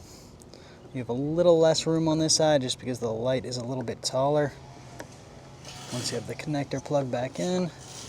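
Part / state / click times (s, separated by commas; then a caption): puddle light unit into side mirror housing / not seated / none. Someone talks while handling a new plastic puddle light unit for the underside of the side mirror housing on a 2025 GMC Sierra 3500 Denali Ultimate Dually, with a couple of faint ticks near 0.4 and 0.5 seconds and a brief knock at 5.0 seconds. The connector is being plugged back in, and the light has not seated or clicked into the mirror yet.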